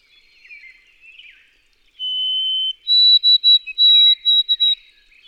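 White-throated sparrow song: one sustained clear whistle, then several short higher whistled notes, preceded by soft chattering of other birds.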